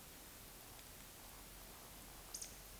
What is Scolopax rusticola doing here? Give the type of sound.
whistle, croak